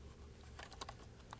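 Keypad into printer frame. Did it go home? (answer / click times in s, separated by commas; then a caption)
no / none. A plastic keypad is handled against the frame of an IBM Proprinter, where it will snap in to make its mechanical and electrical connections at once. Brief, sharp plastic taps sound near 0.7, 0.8, 0.9 and 1.3 seconds over a steady low hum. Nothing has seated or clicked into place yet.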